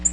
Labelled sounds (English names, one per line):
Nashville Warbler flight call